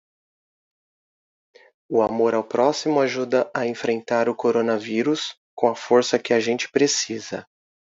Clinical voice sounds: spoken sentence; Brazilian Portuguese; male; 40 to 49 years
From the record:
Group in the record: control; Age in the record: 44 years

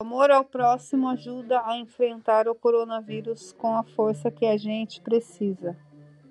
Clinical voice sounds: spoken sentence; Brazilian Portuguese; female; 40 to 49 years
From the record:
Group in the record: control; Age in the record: 47 years

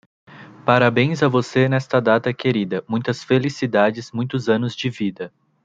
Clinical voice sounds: short text; Brazilian Portuguese; male; 20 to 29 years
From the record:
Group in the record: control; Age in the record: 27 years

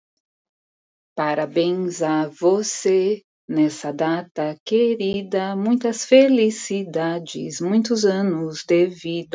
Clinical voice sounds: short text; Brazilian Portuguese; female; 40 to 49 years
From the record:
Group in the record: control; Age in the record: 47 years

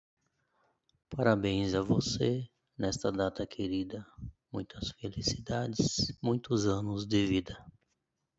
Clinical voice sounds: short text; Brazilian Portuguese; male; 50 to 59 years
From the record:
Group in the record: control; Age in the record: 51 years

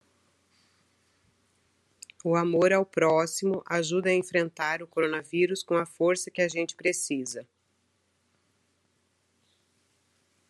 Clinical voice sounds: spoken sentence; Brazilian Portuguese; female; 50 to 59 years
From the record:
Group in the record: control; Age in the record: 54 years

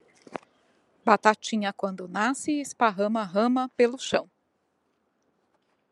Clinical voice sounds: short text; Brazilian Portuguese; female; 50 to 59 years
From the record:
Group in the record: control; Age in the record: 55 years

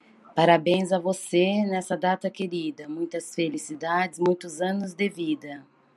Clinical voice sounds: short text; Brazilian Portuguese; female; 40 to 49 years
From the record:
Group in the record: control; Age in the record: 48 years

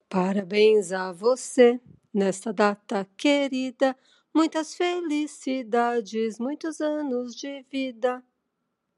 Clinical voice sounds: short text; Brazilian Portuguese; female; 50 to 59 years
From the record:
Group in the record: control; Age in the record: 58 years

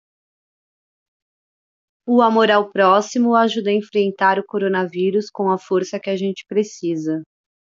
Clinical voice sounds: spoken sentence; Brazilian Portuguese; female; 40 to 49 years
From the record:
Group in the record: control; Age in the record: 40 years

